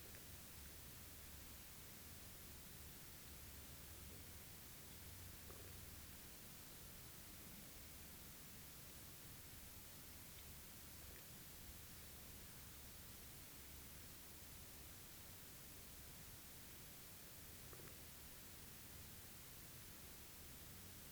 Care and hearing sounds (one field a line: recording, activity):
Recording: daily activity, guitar pickup as the sensor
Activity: drink water